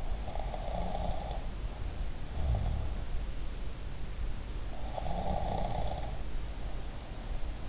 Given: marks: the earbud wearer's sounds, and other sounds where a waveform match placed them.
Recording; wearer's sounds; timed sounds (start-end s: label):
sounds in sleep by an in-ear microphone; snoring breath
0.23-2.87 s: snoring breath
5.03-7.69 s: snoring breath